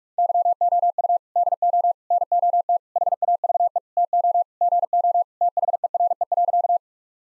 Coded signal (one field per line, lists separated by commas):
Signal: Morse code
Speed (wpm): 46 wpm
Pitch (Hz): 700 Hz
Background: none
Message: YOU DO NOT HAVE TO GO THERE.